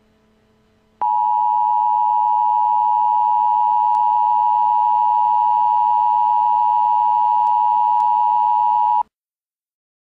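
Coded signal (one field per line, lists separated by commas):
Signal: Emergency Alert System (SAME) tones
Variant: 853 and 960 Hz attention tone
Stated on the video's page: Fictional custom EAS scenario, not real, about freezing temperatures.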